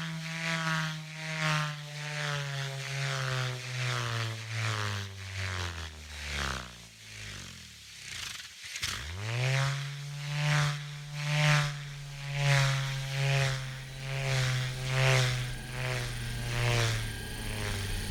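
A revolving motor hums with a rhythmic whoosh about once a second, winds down to a low growl near nine seconds, then spins back up.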